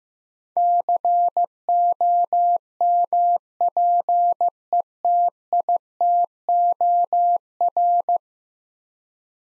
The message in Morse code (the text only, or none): COMPETITOR